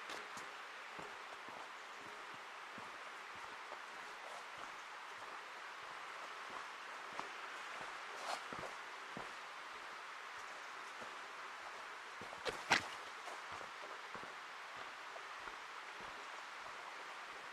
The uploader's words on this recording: Ancient Forest Preserve, a 40 acre non-contiguous annex to the 5200 acre Forest Park of Portland, Oregon, one of the largest urban parks in the US.